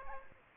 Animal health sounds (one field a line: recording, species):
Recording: mosquito wingbeat signal from an infrared sensor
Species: Aedes aegypti